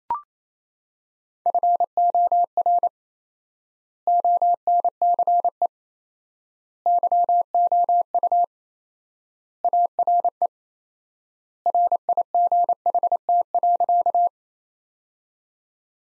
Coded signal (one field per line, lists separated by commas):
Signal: Morse code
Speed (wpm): 27 wpm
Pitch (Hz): 700 Hz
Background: none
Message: FOR ONCE YOU ARE RIGHT.